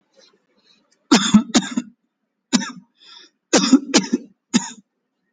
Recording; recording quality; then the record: heavy voluntary cough; excellent, no background noise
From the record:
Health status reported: exposed to COVID-19, no respiratory illness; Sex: male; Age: 44 years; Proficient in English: yes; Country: India